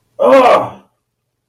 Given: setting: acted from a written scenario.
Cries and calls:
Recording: vocal sound without words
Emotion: disappointment

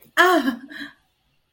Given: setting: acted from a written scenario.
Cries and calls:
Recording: vocal sound without words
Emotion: elation

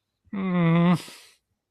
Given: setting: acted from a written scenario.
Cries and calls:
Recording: vocal sound without words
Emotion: disappointment

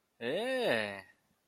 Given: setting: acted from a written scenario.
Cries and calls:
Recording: vocal sound without words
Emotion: interest

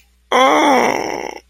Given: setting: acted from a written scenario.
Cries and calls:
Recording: vocal sound without words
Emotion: sadness

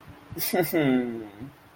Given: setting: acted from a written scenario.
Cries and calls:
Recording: vocal sound without words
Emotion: shame

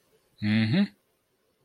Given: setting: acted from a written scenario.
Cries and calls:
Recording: vocal sound without words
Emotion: triumph

